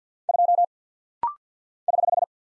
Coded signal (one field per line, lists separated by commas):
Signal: Morse code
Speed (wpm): 48 wpm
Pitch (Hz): 700 Hz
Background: none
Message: 2 <HH>